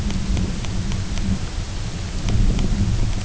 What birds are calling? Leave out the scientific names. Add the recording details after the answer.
none. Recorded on Arctic tundra, site UTQI-0, on 20 June 2018. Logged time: 14:00